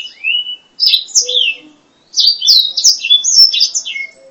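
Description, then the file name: Black-throated laughingthrush song opening with a rising whistle, then bursts of rapid, high warbled and chattering notes split by a short gap. "suara kicauan burung blacksang. omkicau"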